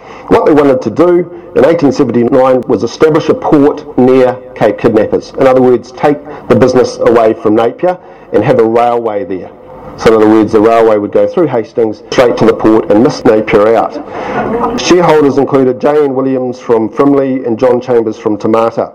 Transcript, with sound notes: What they wanted to do in 1879 was establish a port near Cape Kidnappers – in other words, take the business away from Napier, and have a railway there. So in other words, the railway would go through Hastings, straight to the port and miss Napier out. [Chuckles] Shareholders included J N Williams from Frimley and John Chambers from Te Mata.